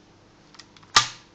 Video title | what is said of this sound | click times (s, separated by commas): Ел. ръчна спирачка на Renault | е другата и при зацепване те се закопчават | 1.0 s